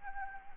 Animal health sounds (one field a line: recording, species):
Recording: mosquito wingbeat signal from an infrared sensor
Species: Anopheles arabiensis